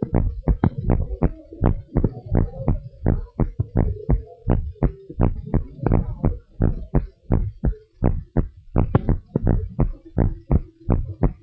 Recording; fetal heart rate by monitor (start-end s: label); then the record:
heart sounds of a pregnant woman by stethoscope
no fetal heartbeat
From the record:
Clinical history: decreased amniotic fluid, low fetal growth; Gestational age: 30 weeks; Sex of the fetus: boy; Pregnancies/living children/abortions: 2/0/1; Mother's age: 28 years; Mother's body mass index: 27.1